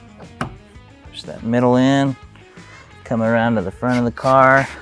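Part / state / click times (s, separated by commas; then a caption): green plastic retaining clip into the roof panel / seated / 0.4 s. A headliner piece on a 2013–2017 Subaru Crosstrek is pushed onto the green plastic retaining clips in the roof panel, working up from the bottom, while music plays and someone talks. A sharp snap at 0.4 s marks a green trim clip pushing home and seating.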